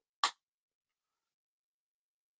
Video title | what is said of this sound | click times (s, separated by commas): Transformers Reviews - Studio Series 86 Astrotrain | And like you can hear an an audible click as you do this. | 0.2 s